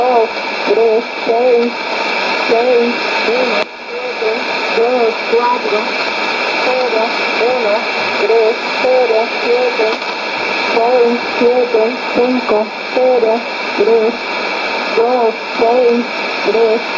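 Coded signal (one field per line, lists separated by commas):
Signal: numbers station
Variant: HM01, Spanish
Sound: short, evenly spaced spoken Spanish words over a constant hissing, buzzing radio background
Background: radio static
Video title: 11 11 2019 HM01 Cuban Spy Numbers station in Spanish 0730 on 9330 Bejucal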